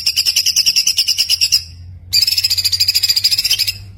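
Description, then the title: White-eye song: two quick-fire pulsed high trills, each roughly one and a half seconds, divided by a short pause. Masteran recording of a white-eye singing gacor (continuous singing), full of tembakan bursts. "Masteran Burung Pleci Gacor Full Tembakan"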